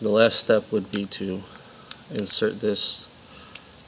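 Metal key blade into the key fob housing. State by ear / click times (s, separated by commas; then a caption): seated / 3.6 s, 3.8 s. Someone talks, then the metal emergency key blade of a Mazda remote is pushed gently back into the plastic key fob housing after the battery swap. Two sharp clicks are heard at 3.6 s and 3.8 s as the blade latches and seats, and it is then tugged to check that it stays in.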